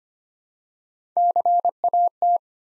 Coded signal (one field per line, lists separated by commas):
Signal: Morse code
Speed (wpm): 25 wpm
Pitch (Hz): 700 Hz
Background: none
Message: CAT